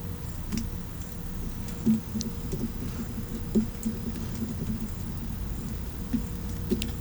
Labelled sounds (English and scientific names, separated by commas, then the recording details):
none
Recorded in pastures near Puerto Asís, Putumayo, Colombia, on 20 December 2024 at 13:00
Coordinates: 0.505, -76.324
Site G063